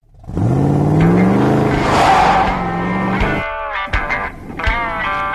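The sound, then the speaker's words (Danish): A huge pickup truck engine rumbles loudly and revs, its deep growl climbing in pitch before settling into a steady, throaty drone with a few brief dips. “pickup truck. Hun stiger ud af den, hun har en rød kjole på”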